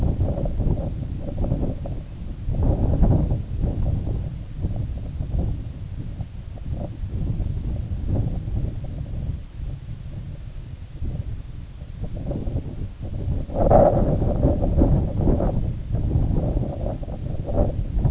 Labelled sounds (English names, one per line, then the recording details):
none
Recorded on Arctic tundra, site IGLO-A, on 19 June 2018
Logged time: 03:59